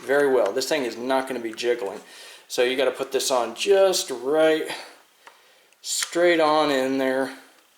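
Someone talks while lining up the tight-fitting cover straight over the receiver of an RIA VRBP 100 shotgun. Two faint, brief handling ticks come during a pause near the end. The cover is still being handled and has not seated or clicked into place yet.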